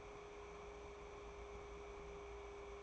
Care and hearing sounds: daily activity, microphone in the room; take from stove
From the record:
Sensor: 1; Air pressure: 1010.3 hPa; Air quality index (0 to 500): 171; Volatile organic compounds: 12 ppm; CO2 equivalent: 2352 ppm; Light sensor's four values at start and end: 55/142/59/74 and 58/150/62/79

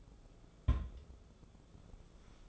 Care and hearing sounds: daily activity, microphone in the room; place on stove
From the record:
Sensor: 5

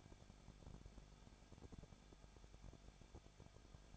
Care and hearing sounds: daily activity, microphone in the room; no activity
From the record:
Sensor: 5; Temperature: 20.9 degrees Celsius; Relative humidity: 35.1%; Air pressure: 994.7 hPa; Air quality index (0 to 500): 153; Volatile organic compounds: 2 ppm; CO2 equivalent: 1280 ppm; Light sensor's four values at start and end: 2/3/1/1 and 2/3/1/1

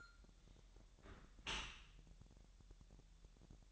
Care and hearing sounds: daily activity, microphone in the room; close dishwasher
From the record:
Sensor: 3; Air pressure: 1000.6 hPa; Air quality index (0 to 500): 247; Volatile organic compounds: 171 ppm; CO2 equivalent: 4108 ppm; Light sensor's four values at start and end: 11/26/11/10 and 11/26/11/10

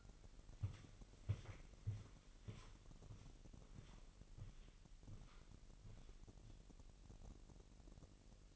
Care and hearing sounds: daily activity, microphone in the room; walk to room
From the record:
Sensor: 4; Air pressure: 1002.8 hPa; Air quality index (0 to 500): 250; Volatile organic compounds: 11 ppm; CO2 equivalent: 2296 ppm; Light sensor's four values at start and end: 9/22/9/9 and 10/23/9/9

